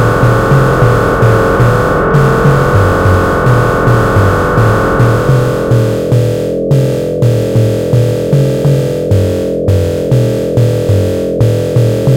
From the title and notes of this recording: The transmissions are a mix of environmental sounds and these hard blips.